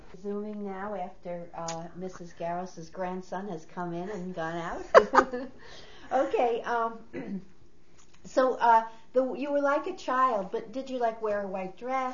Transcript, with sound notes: Resuming now after Mrs. Garos's grandson has come in, and gone out! [Laughs] Okay, so you were like a child, but did you like wear a white dress?